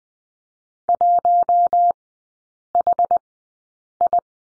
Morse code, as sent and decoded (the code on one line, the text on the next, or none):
.---- .... ..
1HI